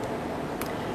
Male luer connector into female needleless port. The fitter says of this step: so male to female and you twist it and it locks into place